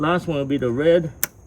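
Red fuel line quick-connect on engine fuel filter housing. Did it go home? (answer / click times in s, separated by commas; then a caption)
no / none. A red fuel line quick-connect is handled at the engine fuel filter housing port of a 2017-2019 Ford F-250 6.7L diesel during a fuel filter and water separator replacement. Someone talks for most of the clip, and a brief sharp transient is heard near 1.2 s. Nothing has seated or clicked yet; the connector is not yet home.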